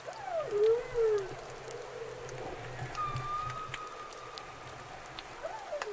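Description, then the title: Humpback whale calls: a wavering downward moan, a long higher flat tone, then a rising whoop at the end, with a steady low hum and faint ticking underneath. Humpback calls recorded for about half an hour starting around 20:00 on the evening of Tuesday 3 November 2020, election night. "Election night humpback calls at Orcasound Lab"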